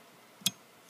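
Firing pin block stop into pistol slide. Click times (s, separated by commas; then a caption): 0.5 s. A firing pin block stop is slid into a Sig Sauer P238 pistol slide while the firing pin is held down with a punch. A single sharp, bright metallic click is heard at 0.5 s against a quiet background, with a faint softer tick just before it. The click marks the stop seating into place.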